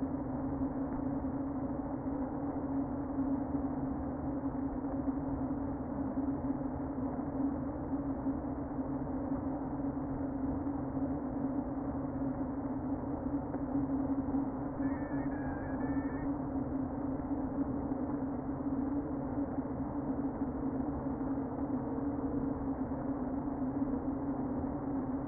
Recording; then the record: honeybee colony, microphone inside the hive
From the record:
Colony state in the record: queen present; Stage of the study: before two queens were removed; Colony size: about 60,000 bees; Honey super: yes